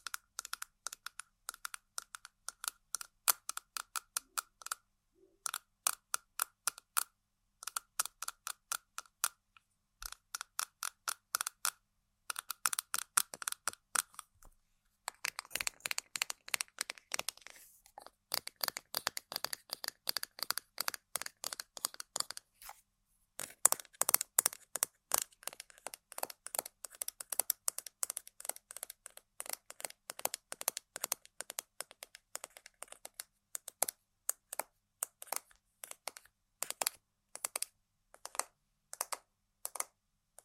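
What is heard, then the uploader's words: Crisp tapping on small hard objects, quick light taps in steady bursts with brief pauses around 5, 10 and 15 seconds. From about 18 to 33 seconds the taps grow denser and rougher, almost scratchy, before returning to sparser clicking. ASMR Tapping & Scratching On Random Objects (No Talking).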